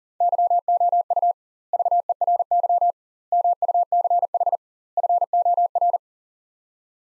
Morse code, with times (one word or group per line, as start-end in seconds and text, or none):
0.2-1.3 YOU
1.7-2.9 VERY
3.3-4.6 MUCH
5.0-6.0 FOR